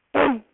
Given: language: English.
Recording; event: throat vibration sensor signal played as sound; throat clearing